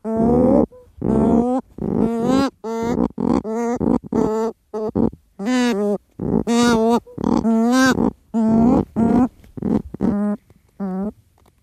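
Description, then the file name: Cory's shearwater giving a long series of nasal, wavering wailing calls. Calls recorded at nests. "Cantos Cagarro Ninhos"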